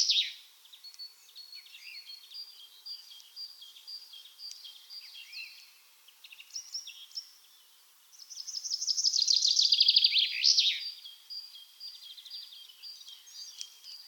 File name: Fringilla coelebs